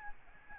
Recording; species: mosquito wingbeat signal from an infrared sensor; Aedes albopictus